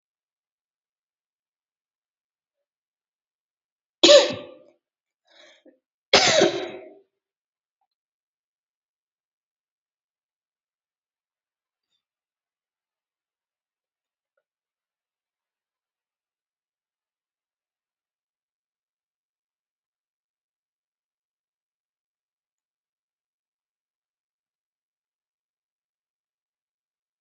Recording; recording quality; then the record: shallow breathing; poor, much background noise or distortion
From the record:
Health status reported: COVID-19 positive, moderate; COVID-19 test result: positive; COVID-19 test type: RT-PCR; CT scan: not taken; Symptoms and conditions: cold, breathing difficulty, sore throat, muscle pain, loss of smell and taste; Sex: female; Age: 22 years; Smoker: no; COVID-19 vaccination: both doses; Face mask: worn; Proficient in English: yes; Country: India